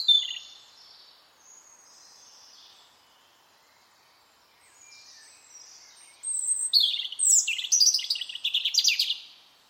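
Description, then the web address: Bird song: faint high notes at first, then a loud run of fast, varied chirps and twitters. "cianscape birddata Deverinetal 2025 File origin Bird Only Er Ru Er Ru"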